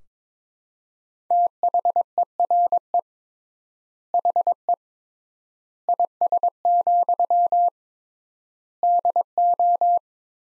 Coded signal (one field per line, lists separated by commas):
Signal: Morse code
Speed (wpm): 21 wpm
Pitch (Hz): 700 Hz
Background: none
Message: THERE HE IS, DO